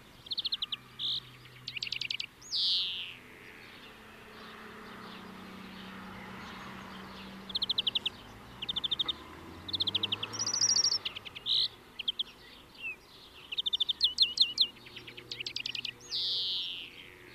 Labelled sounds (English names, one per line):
European Greenfinch song